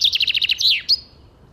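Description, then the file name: Common chaffinch song fragment: a quick run of high, sharp, descending notes, then a falling slur and a brief rising end note. "Fringilla coelebs"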